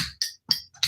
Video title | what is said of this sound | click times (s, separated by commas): John Huân Vu: Wine Tasting | you hear that click? | 0.2 s